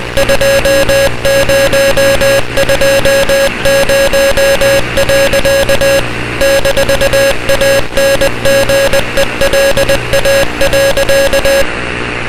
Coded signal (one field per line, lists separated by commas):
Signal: Morse code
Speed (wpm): 20 wpm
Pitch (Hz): 550 Hz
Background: music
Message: 2020. -ANGELA.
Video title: EAS Scenario - Talking Angela's Rampage: Ailurophobia | (Ft. SPCEastCoast1559)